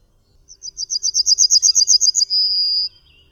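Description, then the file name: Yellowhammer song with a fast, even string of sharp high notes that grows louder, finishing in a long, level, whistled tone. "Trznadel"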